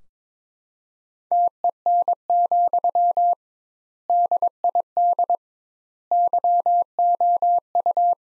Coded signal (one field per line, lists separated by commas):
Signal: Morse code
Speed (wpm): 22 wpm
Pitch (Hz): 700 Hz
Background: none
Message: TEN, DID YOU